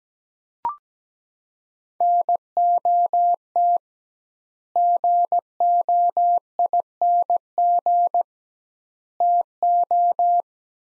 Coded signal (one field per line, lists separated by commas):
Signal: Morse code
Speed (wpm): 17 wpm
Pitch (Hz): 700 Hz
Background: none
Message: NOT GOING TO